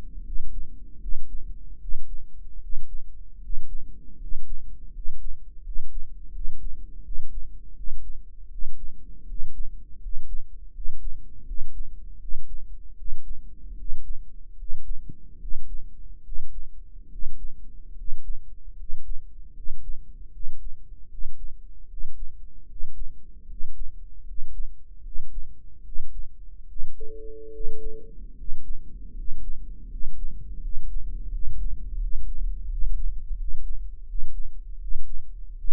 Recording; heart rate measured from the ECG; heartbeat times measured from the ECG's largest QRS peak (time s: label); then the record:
heart sounds by microphone in the right ear; 78 bpm
0.22 s: heartbeat
0.98 s: heartbeat
1.78 s: heartbeat
2.59 s: heartbeat
3.39 s: heartbeat
4.16 s: heartbeat
4.90 s: heartbeat
5.61 s: heartbeat
6.30 s: heartbeat
7.01 s: heartbeat
7.73 s: heartbeat
8.48 s: heartbeat
9.24 s: heartbeat
9.98 s: heartbeat
10.71 s: heartbeat
11.43 s: heartbeat
12.17 s: heartbeat
12.94 s: heartbeat
13.74 s: heartbeat
14.55 s: heartbeat
15.37 s: heartbeat
16.21 s: heartbeat
17.08 s: heartbeat
17.93 s: heartbeat
18.74 s: heartbeat
19.52 s: heartbeat
20.29 s: heartbeat
21.07 s: heartbeat
21.86 s: heartbeat
22.65 s: heartbeat
23.45 s: heartbeat
24.23 s: heartbeat
25.00 s: heartbeat
25.81 s: heartbeat
26.65 s: heartbeat
27.49 s: heartbeat
28.33 s: heartbeat
29.12 s: heartbeat
29.86 s: heartbeat
30.58 s: heartbeat
31.28 s: heartbeat
31.97 s: heartbeat
32.66 s: heartbeat
33.34 s: heartbeat
34.04 s: heartbeat
34.77 s: heartbeat
35.53 s: heartbeat
From the record:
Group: healthy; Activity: rest 0-29 s, breath hold 29-36 s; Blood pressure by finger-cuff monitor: 89/60 mmHg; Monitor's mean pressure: 68 mmHg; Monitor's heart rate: 78 bpm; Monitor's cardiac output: 6.7 L/min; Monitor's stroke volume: 86 mL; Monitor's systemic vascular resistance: 710 dyn s/cm5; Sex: male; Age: 23 years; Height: 178 cm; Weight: 96.6 kg